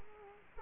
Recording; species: mosquito wingbeat signal from an infrared sensor; Culex quinquefasciatus